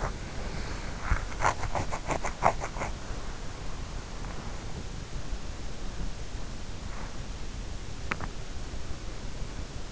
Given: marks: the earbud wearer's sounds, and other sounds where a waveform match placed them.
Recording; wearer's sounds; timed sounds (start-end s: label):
sounds in sleep by an in-ear microphone; body movement
0.00-4.17 s: body movement